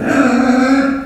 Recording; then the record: squeal of a Yucatan mini pig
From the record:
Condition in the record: after surgery on the right vocal fold (resection and tissue-engineered implant); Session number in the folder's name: 4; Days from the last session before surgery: 26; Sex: female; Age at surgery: 19 weeks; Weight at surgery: 25 kg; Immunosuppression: prednisolone